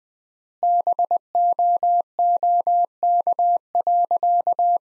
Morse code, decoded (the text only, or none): BOOK.